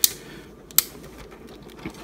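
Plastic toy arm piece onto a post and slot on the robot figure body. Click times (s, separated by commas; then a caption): 0.8 s. A plastic arm piece is being fitted onto a Maketoys MTCD-03SP Thunder Erebus robot figure, slid down onto a post and plugged into a slot on the body. A sharp click at 0.1 s is followed by a second sharp plastic click at 0.8 s as the arm snaps into place, then only faint handling noise. The arm is seated.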